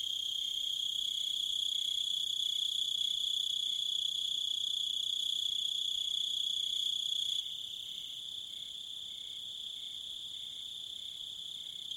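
Cricket trill, a continuous high ringing, loud for most of the stretch, then dropping noticeably quieter partway through, with softer steady pulses below.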